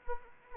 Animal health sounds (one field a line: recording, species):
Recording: mosquito wingbeat signal from an infrared sensor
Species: Anopheles arabiensis